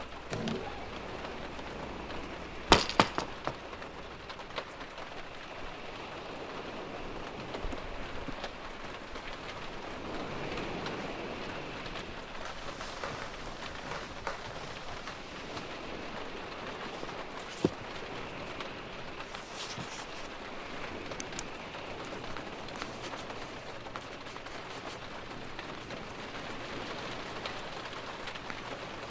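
Rain falls steadily through the night, a dense, even hiss of drops spread across the whole clip at a constant level. A few sharper taps stand out, one near three seconds and another around eighteen, over a faint low rumble underneath.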